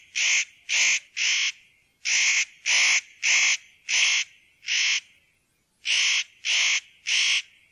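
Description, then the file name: Spotted nutcracker giving harsh, rasping, croaking calls in a series of about eleven, each roughly half a second long, with a couple of brief breaks. "noettekraake"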